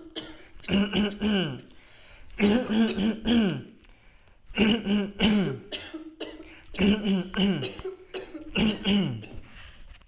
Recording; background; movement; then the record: throat clearing; a bystander coughing; sitting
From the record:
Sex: male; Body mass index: 20.6 kg/m2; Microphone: on the chest, facing the body